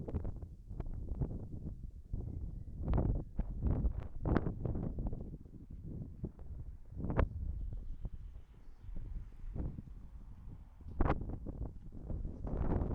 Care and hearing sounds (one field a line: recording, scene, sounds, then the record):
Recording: everyday scene through a hearing-aid microphone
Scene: wind on the microphone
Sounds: wind, traffic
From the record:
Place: in front of a rural house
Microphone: behind the ear, right, rear